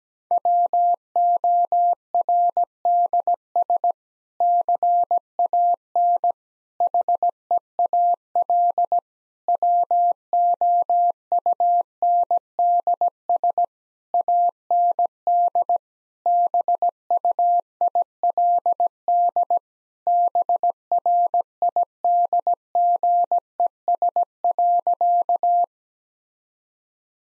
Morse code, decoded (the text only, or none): WORDS CAN HEAL WOUNDS AND BUILD BRIDGES.